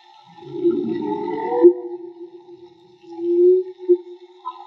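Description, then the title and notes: Whale song: a rough groaning phrase gives way to a thin sustained tone, then a softer swelling moan with a brief pulse. Whale song, field recording made with DIY hydrophones; audio cleaned afterwards. "CANTO DE BALLENAS MAGMA. Grabación de campo y construcción dehidrofonos DIY: Jorge Barco. Limpieza de audio: Santiago Minotas"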